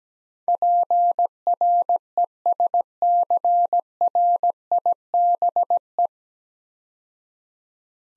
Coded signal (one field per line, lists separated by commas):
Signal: Morse code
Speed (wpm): 17 wpm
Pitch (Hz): 700 Hz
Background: none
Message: PRESCRIBE